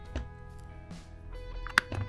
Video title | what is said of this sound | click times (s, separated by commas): Shimano Stella 14000 Body service | disturb the seal and it sort of snaps into place with a satisfying pop. | 1.8 s